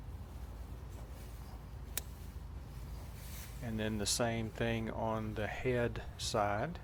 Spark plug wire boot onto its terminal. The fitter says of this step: Listen for that click. You'll also probably feel it.